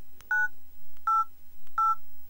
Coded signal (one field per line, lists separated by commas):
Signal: DTMF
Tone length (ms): 180 ms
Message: 988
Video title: Cell Phone Dial sounds |phone keypad Sounds | Smart Phone Sounds|Cell Dial Sound | Take it nanba